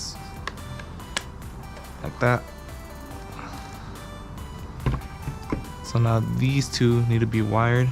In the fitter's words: gonna click right into place like that